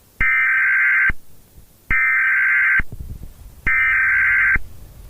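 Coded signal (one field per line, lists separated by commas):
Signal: Emergency Alert System (SAME) tones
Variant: header bursts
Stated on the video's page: Fictional simulated nuclear war EAS scenario, not a real alert.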